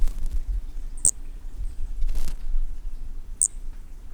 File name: Brachy sp ind 7 perdeu 4 notas 20-100 cm Corcovado 18 dez 2017 MRB